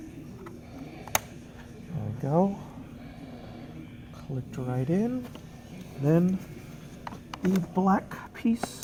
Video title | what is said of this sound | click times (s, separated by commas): Honda Civic Type R Mugen RR Tach Install - 8th Gen Honda Civic Si | and there you go next you will lay back over the silver trim we go click | 1.2 s